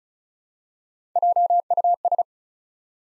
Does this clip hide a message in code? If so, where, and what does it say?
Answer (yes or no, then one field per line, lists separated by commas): yes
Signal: Morse code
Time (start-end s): 1.2-2.2 s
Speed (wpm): 36 wpm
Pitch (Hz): 700 Hz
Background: none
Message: JUS